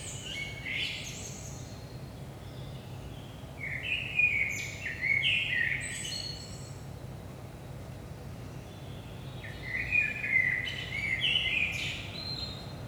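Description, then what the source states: Common blackbird singing three phrases of mellow fluted notes with high scratchy twittering, spaced a few seconds apart over a steady low background rumble. Saint-Gilles, Belgium; about 5 am, early morning; recorded with DPA 4060 microphones in AB stereo into a Zoom F3.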